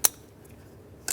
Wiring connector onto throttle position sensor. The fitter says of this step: reconnect your throttle position sensor we'll press this in listen for a click and lock it in with the red locking tap